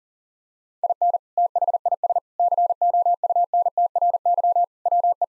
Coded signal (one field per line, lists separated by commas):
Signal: Morse code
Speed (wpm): 40 wpm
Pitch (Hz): 700 Hz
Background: none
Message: IN THIS COUNTRY WE